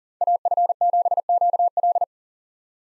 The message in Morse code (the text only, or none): AF7QL